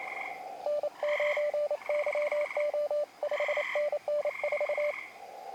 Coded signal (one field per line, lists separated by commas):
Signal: Morse code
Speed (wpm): 27 wpm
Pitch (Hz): 590 Hz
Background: radio noise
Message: N9YO 5NN 4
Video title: QRP Contact Success!!! Camp Tent TEST | KX2 Packtenna | Army Combat Shelter